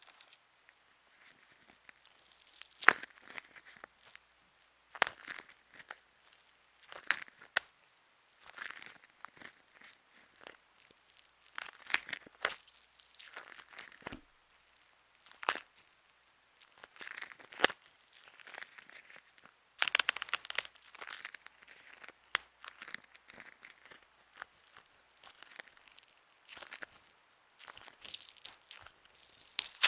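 Making DIY stress balls brings bursts of crinkling and rustling, like plastic or a balloon being handled, in uneven clusters every second or two. Sharp little clicks and snaps cut through, with a busier, louder stretch around twenty seconds. Quiet gaps separate the bursts.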